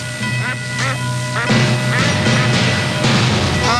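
A duck quacks again and again, about ten loud, nasal honks in a choppy, uneven rhythm over a steady background hum, with no one talking.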